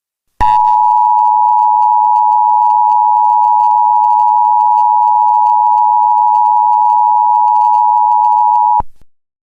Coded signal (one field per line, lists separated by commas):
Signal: Emergency Alert System (SAME) tones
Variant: 853 and 960 Hz attention tone